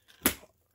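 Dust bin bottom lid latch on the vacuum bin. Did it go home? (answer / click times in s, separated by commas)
yes / 0.3 s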